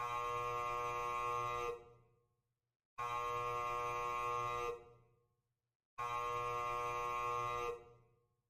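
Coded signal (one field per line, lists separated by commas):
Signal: channel marker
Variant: UVB-76 (The Buzzer)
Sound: three harsh, low, rasping buzzes about 1.7 seconds each, evenly spaced with short silences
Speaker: And then the buzz returns.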